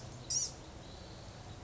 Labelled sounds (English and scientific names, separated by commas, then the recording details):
Blue-gray Gnatcatcher (Polioptila caerulea)
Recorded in Sonoma County, California